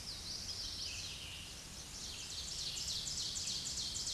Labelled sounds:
Ovenbird (Seiurus aurocapilla) song

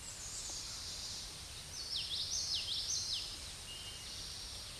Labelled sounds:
Common Yellowthroat (Geothlypis trichas) song

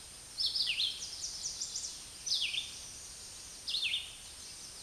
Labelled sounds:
Red-eyed Vireo (Vireo olivaceus) song

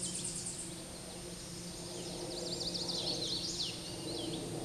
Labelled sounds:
Hooded Warbler (Setophaga citrina) song

